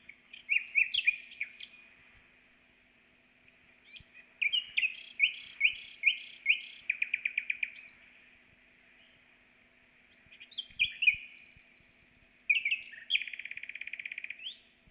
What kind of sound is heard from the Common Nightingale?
song